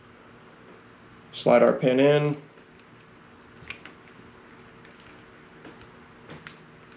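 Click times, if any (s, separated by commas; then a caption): 6.5 s. Someone talks briefly as a second metal pin terminal is slid into a plastic Y210B3 electrical pigtail connector housing (Mitsubishi, Honda, Lexus, Nissan, Toyota) while it is being repaired. A few faint ticks are heard, then a sharp, bright click at 6.5 s as the terminal's catch locks and the pin is seated.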